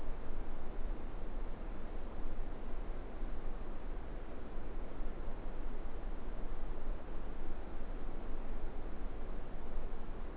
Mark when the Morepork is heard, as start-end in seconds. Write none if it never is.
none